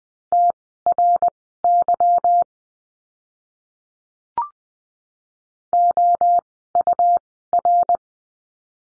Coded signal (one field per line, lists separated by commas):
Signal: Morse code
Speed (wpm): 20 wpm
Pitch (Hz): 700 Hz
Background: none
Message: TRY OUR